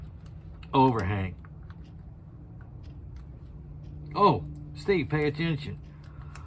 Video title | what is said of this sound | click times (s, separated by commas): SOG Multi Tools | there you go it's in | 6.4 s